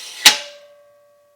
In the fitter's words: for it to snap right into place